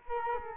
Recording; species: mosquito wingbeat signal from an infrared sensor; Culex quinquefasciatus